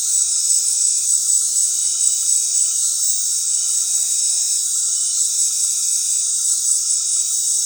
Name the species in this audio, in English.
none